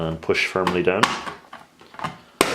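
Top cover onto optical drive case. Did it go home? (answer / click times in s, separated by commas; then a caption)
yes / 2.4 s. Someone talks while the plastic top cover of an Apple SuperDrive A1379 USB optical drive is aligned by its rear tabs and pressed firmly down onto the base. A single sharp, loud click at 2.4 s marks the cover snapping into place, seated.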